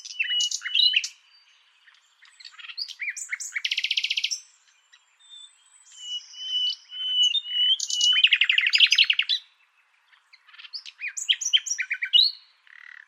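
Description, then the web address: Birds calling: bursts of chirps alternating with rapid buzzy trills, thin whistles between, and more twittering near the end. "Deverinetal 2025 File origin Bird Only"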